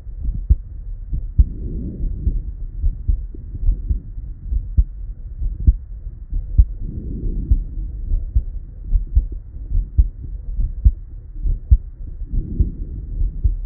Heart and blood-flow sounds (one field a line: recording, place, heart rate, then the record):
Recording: heart sounds by stethoscope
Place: Erb's point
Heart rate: 69 bpm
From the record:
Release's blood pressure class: elevated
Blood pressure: 128/65 mmHg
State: at rest